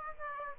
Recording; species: mosquito wingbeat signal from an infrared sensor; Aedes aegypti